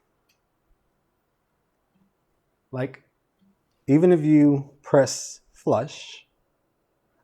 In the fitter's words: it won't click in. You literally need something to push it in